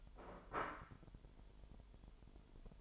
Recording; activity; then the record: daily activity, microphone in the room; place plate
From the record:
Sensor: 5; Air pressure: 1002.2 hPa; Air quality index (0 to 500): 223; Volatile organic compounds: 28 ppm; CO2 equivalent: 2905 ppm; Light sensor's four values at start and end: 10/24/10/11 and 10/24/10/11